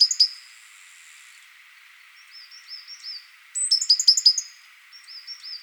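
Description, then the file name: Great tit calls: sharp high chirps at the start, soft tinkling phrases, then a loud cluster of ringing notes and more soft phrases, over a faint steady hiss. "Parus major"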